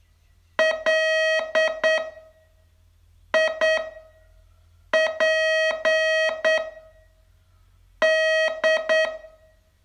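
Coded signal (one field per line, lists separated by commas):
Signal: Morse code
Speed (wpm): 8 wpm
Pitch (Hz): 640 Hz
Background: none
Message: LIP D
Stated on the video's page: Morse code training lesson, day 27 of a 42-day course.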